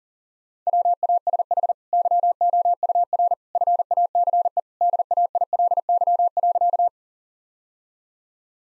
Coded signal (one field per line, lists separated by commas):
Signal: Morse code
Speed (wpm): 40 wpm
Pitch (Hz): 700 Hz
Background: none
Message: WASH YOUR FACE DAILY.